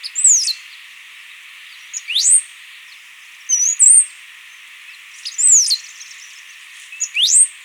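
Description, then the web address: Stripe-headed brush-finch giving high, thin whistles, some rising sharply, others slurred down, spaced about one and a half seconds apart, over a steady background hiss. Ecuador. "Natures Songs S America Birds of Ecuador. Stripe-Headed Brush-Finch"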